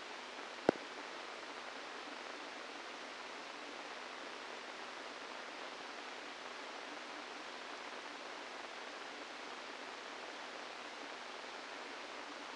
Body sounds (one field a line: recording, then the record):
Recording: brain microelectrode recording played as sound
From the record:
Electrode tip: inside the subthalamic nucleus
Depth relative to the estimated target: -1 mm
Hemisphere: left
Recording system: NeuroSet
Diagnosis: Parkinson's disease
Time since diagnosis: 17 years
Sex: male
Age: 64 years